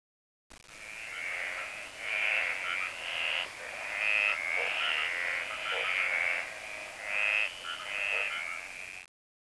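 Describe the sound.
Frog calls: raspy, trilled croaks in irregular bursts, roughly one per second, over a steady hiss.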